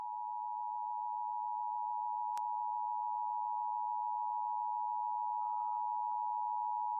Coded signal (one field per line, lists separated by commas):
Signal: Emergency Alert System (SAME) tones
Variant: 853 and 960 Hz attention tone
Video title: San Francisco Required Monthly Tests on 5 TV Stations (EAS #6554-6559) 5/10/22